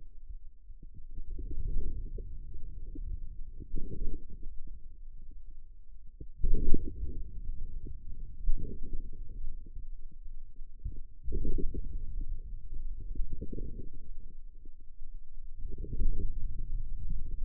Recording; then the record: forearm muscle sounds (acoustic myography)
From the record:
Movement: outward rotation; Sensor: system 2, bracelet of six BSWA MPA416 microphones around the upper forearm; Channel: 6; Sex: male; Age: 22 years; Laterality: right